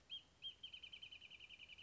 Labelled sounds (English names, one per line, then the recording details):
Wrentit
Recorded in Sonoma County, California